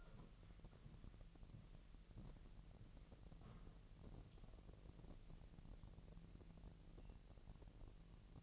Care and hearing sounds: daily activity, microphone in the room; walk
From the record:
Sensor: 4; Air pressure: 1002.9 hPa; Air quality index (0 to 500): 249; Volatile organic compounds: 27 ppm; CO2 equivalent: 2900 ppm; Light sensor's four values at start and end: 8/18/7/7 and 8/18/7/7

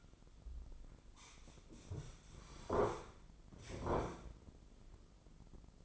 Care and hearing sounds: daily activity, microphone in the room; sit down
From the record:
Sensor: 5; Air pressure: 996.1 hPa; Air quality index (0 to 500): 244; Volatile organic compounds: 463 ppm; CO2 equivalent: 4768 ppm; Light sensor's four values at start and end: 158/377/159/174 and 157/377/159/174

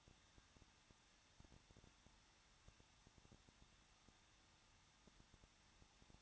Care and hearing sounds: daily activity, microphone in the room; no activity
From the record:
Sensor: 3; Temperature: 21.2 degrees Celsius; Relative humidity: 36.2%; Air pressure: 1006.5 hPa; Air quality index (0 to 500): 220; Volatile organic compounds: 39 ppm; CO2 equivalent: 3130 ppm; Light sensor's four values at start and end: 2/3/2/2 and 2/3/2/2

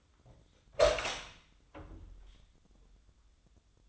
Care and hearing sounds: daily activity, microphone in the room; open door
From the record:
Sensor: 3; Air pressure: 1004.9 hPa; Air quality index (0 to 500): 71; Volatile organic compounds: 2 ppm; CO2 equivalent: 1064 ppm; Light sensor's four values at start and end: 9/20/8/8 and 9/20/8/8

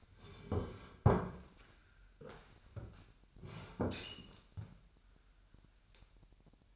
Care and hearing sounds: daily activity, microphone in the room; sit down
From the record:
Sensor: 2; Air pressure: 998.4 hPa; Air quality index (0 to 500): 131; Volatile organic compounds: 3 ppm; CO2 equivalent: 1482 ppm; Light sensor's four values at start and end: 7/15/6/7 and 8/19/8/8

